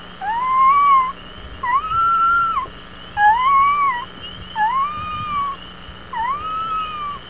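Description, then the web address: Wolf pup giving high whistled whines, each rising then arching and falling slightly, five calls spaced about every one and a half seconds, with a faint steady low hum beneath. "pup"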